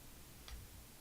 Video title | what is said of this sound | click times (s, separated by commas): WEBINAR double rotor Quanser AERO | the allen key fits through this and then it locks into a little magnet | 0.5 s